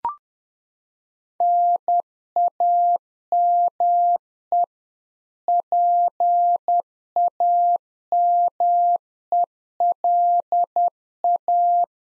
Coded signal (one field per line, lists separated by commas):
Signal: Morse code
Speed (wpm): 10 wpm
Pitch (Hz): 700 Hz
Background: none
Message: NAME PAMELA